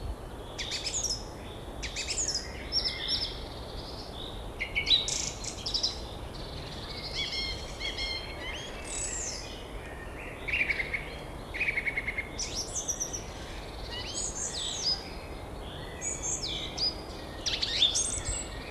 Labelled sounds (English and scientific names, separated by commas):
Song Thrush (Turdus philomelos) song